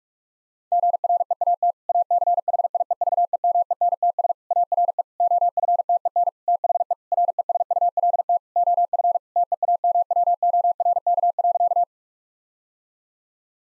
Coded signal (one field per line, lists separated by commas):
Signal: Morse code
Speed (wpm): 46 wpm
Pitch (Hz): 700 Hz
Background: none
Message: GREAT ACHIEVEMENTS ARE OFTEN THE RESULT OF TEAMWORK.